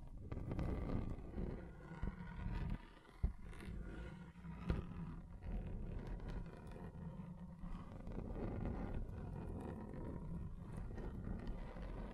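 Scratching across a table, heard as a steady low, rough rumble with gritty scraping strokes layered over it. The sound holds fairly even, dipping briefly near three seconds, where a sharp knock lands, with another crisp tap around the five-second mark.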